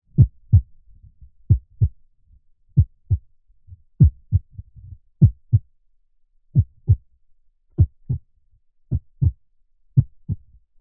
Human heart beat through chest irregular getting faster.